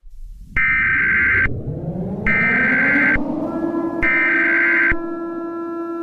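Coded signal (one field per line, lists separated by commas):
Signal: Emergency Alert System (SAME) tones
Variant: header bursts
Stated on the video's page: Fictional EAS scenario, not a real alert.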